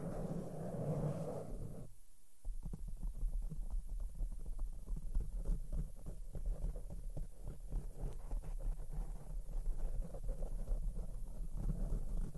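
Soft makeup brushes sweep over a microphone, making a dense, rustling, low rumble. A smoother whooshing passage opens the first two seconds, then a brief near-silence. After that, quick scratchy strokes and light taps follow one another steadily until the end.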